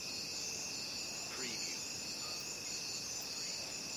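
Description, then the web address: Crickets in a steady, high chorus with continuous shrill trilling bands, and a brief swooping sound partway through. Crickets calling at night. "the sound pack tree. night crickets"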